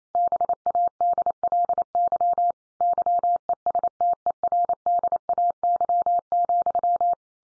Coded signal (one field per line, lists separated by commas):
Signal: Morse code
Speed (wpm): 28 wpm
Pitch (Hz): 700 Hz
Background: none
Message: BADLY YESTERDAY,